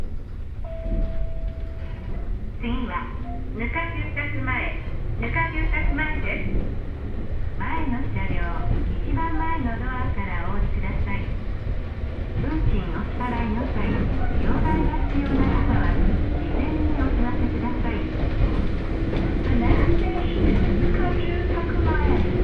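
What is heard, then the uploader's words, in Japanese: Aboard a Hokuriku Railway Ishikawa Line train, a steady low rumble runs throughout while passengers talk, and a rising motor whine builds toward the end. 鉄道旅 北陸鉄道石川線 野町→鶴来。額住宅前あたりまでは通勤通学客が乗っていますが、徐々に降りて終点の鶴来までくると数名に。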